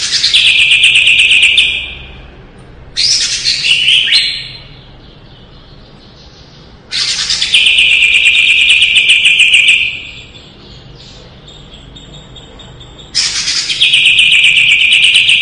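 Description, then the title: Leafbird giving several long, loud, high trilled bursts, each lasting one to three seconds, separated by quiet gaps of a few seconds. Lively singing (gacor), 2017. "Suara Burung Cucak Ijo Gacor 2017"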